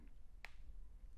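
The pivot screw pushes the metal front pivot and bearing out of the handle of a Work Sharp RMX folding knife, which is being swapped from manual to automatic mode. A single sharp snap-like hit is heard at 0.4 s, and the front pivot and bearing come out.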